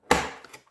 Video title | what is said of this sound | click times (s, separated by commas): Tundra Prime Montage et réglage | Hop là. Ah bah, il s'est mal clipsé. | 0.1 s